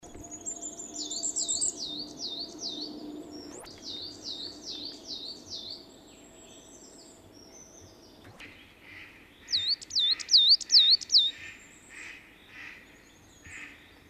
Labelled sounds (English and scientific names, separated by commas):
Coal Tit (Periparus ater) song